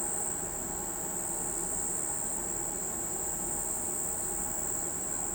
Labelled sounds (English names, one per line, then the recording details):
none
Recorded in pastures near Pivijay, Magdalena, Colombia, on 15 April 2023 at 05:00
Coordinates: 10.456, -74.369
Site P6-G026